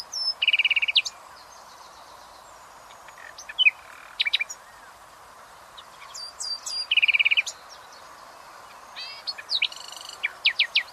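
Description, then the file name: Common nightingale song: loud, buzzy rattling phrases that return after several seconds, mixed with high, pure whistles and sharp chipping notes. "Luscinia megarhynchos"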